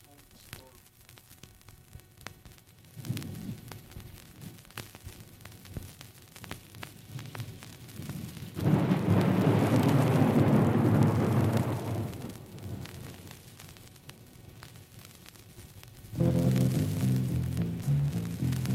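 Steady hiss of falling rain with a long, loud roll of thunder swelling and fading midway, followed by keyboard music entering over the rain near the end, as the intro of a rock song.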